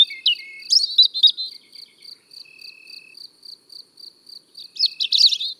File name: Rougegorge familier Chants doiseaux dans la campagne